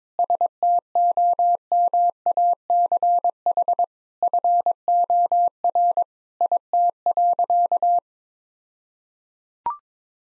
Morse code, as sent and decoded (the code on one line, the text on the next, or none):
... - --- -- .- -.-. .... / ..-. --- .-. / .. - .-.-.-
STOMACH FOR IT.